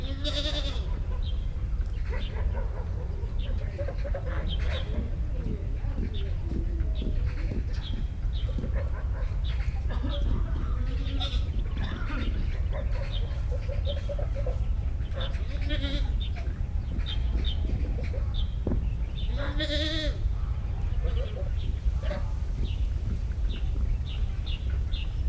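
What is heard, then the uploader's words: Goat-like bleats and quacking calls recur irregularly over a constant low rumble, with scattered clicks, drips and faint voices throughout. Construction. Bleats. Quacks. Drips.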